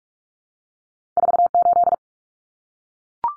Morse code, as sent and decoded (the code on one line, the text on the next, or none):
....- ---..
48